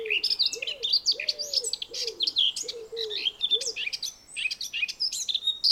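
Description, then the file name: Eurasian blackcap warble: busy high scratchy and whistled notes throughout, over several low, arched cooing notes in the first two-thirds. "Sylvia atricapilla"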